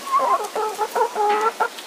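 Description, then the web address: Chicken clucking: several short clucks and drawn-out notes in under two seconds, with no other clear sounds. "musicradar outdoor-samples Birds"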